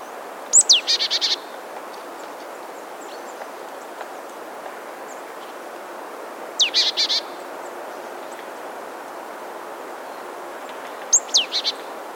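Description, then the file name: Marsh tit calls: a sharp high descending note followed by a short buzzy chatter, repeated three times over steady background hiss. "Poecile palustris"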